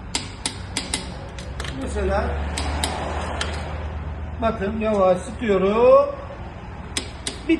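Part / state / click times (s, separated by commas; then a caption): torque wrench on wheel lug nut / torque reached / 7.0 s. A click-type torque wrench is slowly tightened on a car wheel lug nut while someone talks, with sharp ratchet ticks in the first few seconds. At 7.0 s the wrench clicks at its set torque, confirming the nut is tightened enough. A couple more short ticks follow.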